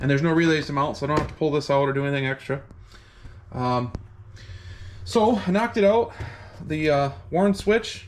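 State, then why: Not seated. A winch rocker switch is handled at the cutout in a plastic dash panel after a blank has been knocked out, while someone talks throughout. Nothing has seated or clicked yet; the clip ends before the switch goes home.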